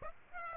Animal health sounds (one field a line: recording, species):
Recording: mosquito wingbeat signal from an infrared sensor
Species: Aedes aegypti